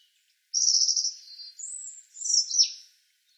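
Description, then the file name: European robin song: one phrase made of a high, sustained thin note, then a higher note and a sliding, tumbling ending. "Erithacus rubecula"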